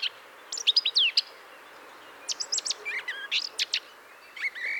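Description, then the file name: Eurasian blackcap giving short bursts of high chirpy warbled notes, separated by pauses, over light background hiss. "Sylvia atricapilla"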